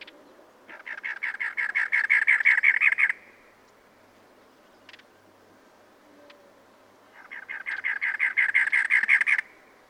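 Two bouts of cactus wren song, each a rapid train of harsh, raspy chuck notes lasting over two seconds, separated by a quiet pause.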